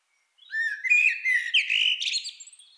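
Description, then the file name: Common blackbird song phrase, a rich flowing whistled warble breaking into high scratchy twittering toward the end. "Turdus merula"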